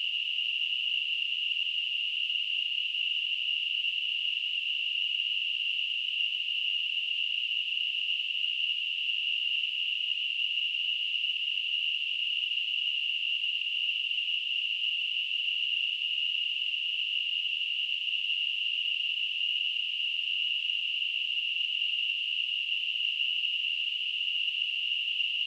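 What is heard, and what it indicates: Simulated tinnitus.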